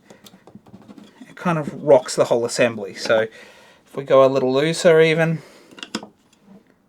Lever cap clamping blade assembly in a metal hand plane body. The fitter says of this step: so there's no click sound,